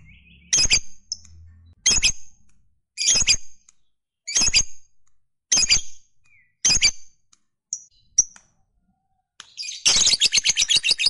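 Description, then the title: Lovebird call: loud rasping screeches about every second, then a brief burst of fast buzzy chatter at the end. Fighter-type lovebird; the recording features its long chatter (ngekek panjang). "Begitu Dengar Suara Lovebird FIGHTER NGEKEK PANJANG"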